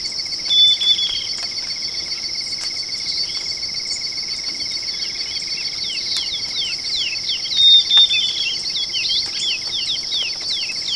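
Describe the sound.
Bird chirps: many fast, descending notes with two brief whistles, over a steady insect chorus.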